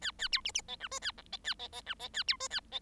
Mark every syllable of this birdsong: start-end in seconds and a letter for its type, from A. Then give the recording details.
0.01-0.11 A, 0.18-0.28 A, 0.32-0.41 B, 0.44-0.52 C, 0.54-0.61 C, 0.68-0.76 D, 0.80-0.88 E, 0.91-0.99 F, 1.01-1.11 A, 1.17-1.22 G, 1.32-1.37 D, 1.44-1.54 A, 1.59-1.68 D, 1.72-1.81 D, 1.86-1.94 E, 1.99-2.08 D, 2.13-2.23 A, 2.27-2.37 B, 2.40-2.48 F, 2.50-2.60 A, 2.71-2.79 D. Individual Bird7